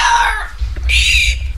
Weird-sounding hiccups that she's been experiencing since the age of 12. It happens at least once a day that she gets these weird, unusual, unique hiccups.